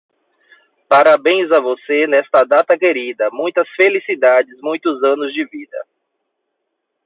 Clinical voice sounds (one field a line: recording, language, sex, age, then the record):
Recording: short text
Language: Brazilian Portuguese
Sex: male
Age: 30 to 39 years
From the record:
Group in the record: control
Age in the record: 34 years